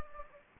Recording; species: mosquito wingbeat signal from an infrared sensor; Anopheles gambiae